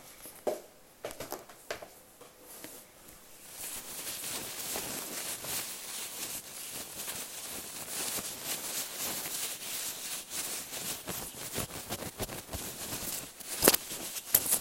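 A few light, scattered taps open the first few seconds. Then busy scratching and fluffing rustle in, a steady dense crackle with small surges that runs to the end. A sharp, louder tap stands out near the fourteen-second mark.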